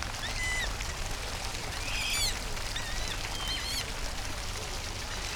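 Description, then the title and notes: Ducklings peeping: short, high chirps repeated in scattered bursts over a constant rush of splashing fountain water. Ducklings heard near the water fountains in Hyde Park, London, a large urban park. "Londres Hyde Park Patitos I Fonts. se escuchan también los patitos de Hyde Park"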